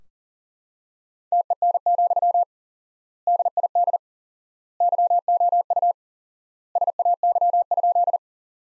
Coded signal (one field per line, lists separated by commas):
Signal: Morse code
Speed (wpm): 40 wpm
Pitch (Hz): 700 Hz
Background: none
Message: TEN, DID YOU SAY?